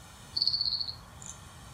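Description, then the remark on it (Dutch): A high, thin, rapidly pulsing trill like a small frog calling, a bluethroat imitating a frog, runs for about half a second, then a fainter brief note follows over quiet low background hiss. “En dan kikkertje weer. Kikkertje. Koolmees. Kikkertje.”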